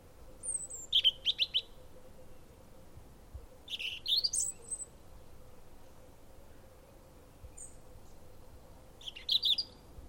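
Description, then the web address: European robin singing short phrases: a thin high whistled note, then rapid trilled twitters, repeated in several bursts; faint steady low hum underneath. "Deverinetal 2025 File origin Bird Only Er Ru"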